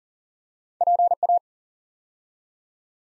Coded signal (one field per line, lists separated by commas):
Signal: Morse code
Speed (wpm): 42 wpm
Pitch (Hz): 700 Hz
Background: none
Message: PA